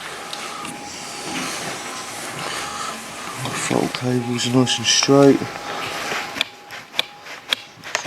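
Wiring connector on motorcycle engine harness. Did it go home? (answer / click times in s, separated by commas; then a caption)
yes / 7.0 s. A wiring connector on the engine harness of a Honda CRF 250 motorcycle is pushed together over steady background hiss while someone talks. A series of sharp clicks follows near the end, and the connector snaps home and is seated at 7.0 seconds.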